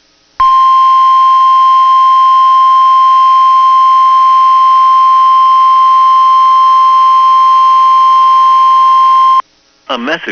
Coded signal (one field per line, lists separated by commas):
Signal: Emergency Alert System (SAME) tones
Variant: 1050 Hz attention tone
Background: speech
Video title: [EAS] Winter Storm Warning for Cass County Minnesota Heard on WXM99